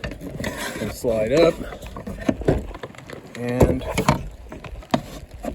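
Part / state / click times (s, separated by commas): satellite dish mast or clip into its mounting bracket / seated / 4.9 s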